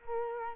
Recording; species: mosquito wingbeat signal from an infrared sensor; Culex quinquefasciatus